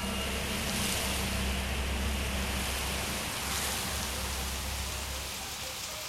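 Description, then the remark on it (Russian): Rain falls outside a window as a steady, even hiss of drops, with a faint low rumble running underneath the whole time and no voices. “я услышал, как за окном пошел дождь.”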